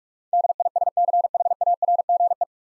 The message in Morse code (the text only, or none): DISCHARGE